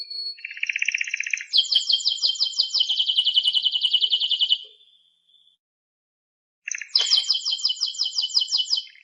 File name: Canto de canario timbrado